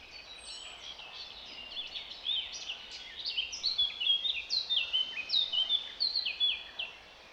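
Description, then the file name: Eurasian blackcap song, a hurried run of scratchy notes turning into clearer, louder fluting phrases, steady background hiss throughout. "Sylvia atricapilla"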